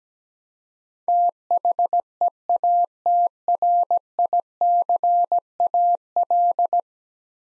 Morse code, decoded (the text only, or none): THEATRICAL